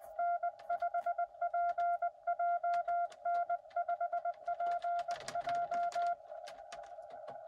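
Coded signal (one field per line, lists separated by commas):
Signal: Morse code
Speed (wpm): 22 wpm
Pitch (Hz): 700 Hz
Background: none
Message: N5PJ N5PJ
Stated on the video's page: Cootie (sideswiper) keyed POTA activation in rain, Xiegu X6100 at 5 watts into 20M and 40M hamsticks; park-to-park contacts included.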